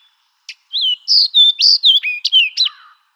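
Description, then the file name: Fox sparrow singing a rich, varied phrase of whistled slurs and short sweet notes, delivered quickly over roughly two and a half seconds against silence. Recorded 21 April 2011. "2011-04-21 Fox Sparrow"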